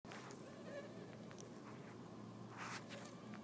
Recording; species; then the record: mosquito flight sound by mobile phone; Anopheles gambiae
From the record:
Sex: female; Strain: Kisumu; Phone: iPhone 4S